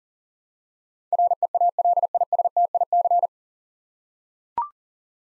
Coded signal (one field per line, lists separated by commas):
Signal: Morse code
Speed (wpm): 40 wpm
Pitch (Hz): 700 Hz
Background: none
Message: REALISTIC